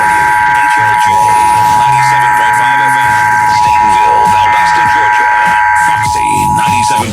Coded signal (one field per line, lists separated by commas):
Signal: Emergency Alert System (SAME) tones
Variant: 853 and 960 Hz attention tone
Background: speech